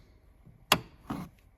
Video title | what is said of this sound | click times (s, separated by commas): Volvo XC60 Coolant Top Up - How to Check & Fill Coolant | want to twist it until it clicks right there. | 0.7 s